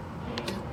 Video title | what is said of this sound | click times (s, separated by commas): Супер подробный видео-обзор Tesla Model 3 в качестве 4k - News Titan Electro | can hear that clicks | 0.4 s